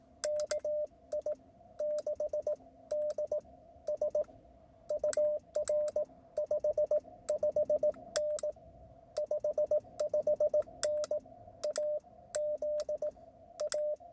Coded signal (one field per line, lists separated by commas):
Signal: Morse code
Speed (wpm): 18 wpm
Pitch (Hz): 600 Hz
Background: none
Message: KI6DS UR 55N 55N AZ A